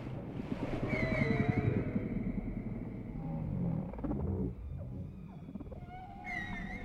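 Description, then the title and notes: Whale song: warbling high whistles and mid-pitched moans over a steady deep rumble, with a brief fluttering burst midway. Whale sounds presented without music. "WHALE SOUNDS, WHITE NOISES. WHALE SOUNDS WITHOUT MUSIC"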